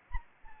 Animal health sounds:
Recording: mosquito wingbeat signal from an infrared sensor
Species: Anopheles arabiensis

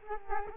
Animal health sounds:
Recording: mosquito wingbeat signal from an infrared sensor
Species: Culex quinquefasciatus

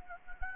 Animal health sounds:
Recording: mosquito wingbeat signal from an infrared sensor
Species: Anopheles gambiae

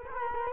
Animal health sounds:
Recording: mosquito wingbeat signal from an infrared sensor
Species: Culex quinquefasciatus

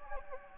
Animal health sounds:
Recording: mosquito wingbeat signal from an infrared sensor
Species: Anopheles gambiae

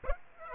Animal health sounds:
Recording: mosquito wingbeat signal from an infrared sensor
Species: Aedes aegypti

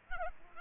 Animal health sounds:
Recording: mosquito wingbeat signal from an infrared sensor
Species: Aedes albopictus

